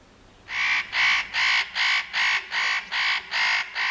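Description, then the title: Northern nutcracker repeating loud, hoarse, rasping calls, nine harsh notes in steady rhythm at about two and a half per second. "Viikon luontoääni: Pähkinähakki"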